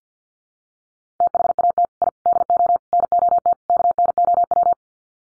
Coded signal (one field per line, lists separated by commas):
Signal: Morse code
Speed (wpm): 50 wpm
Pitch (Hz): 700 Hz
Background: none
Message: THAT I DO NOT KNOW